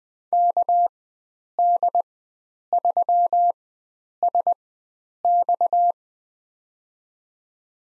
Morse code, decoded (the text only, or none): KD3SX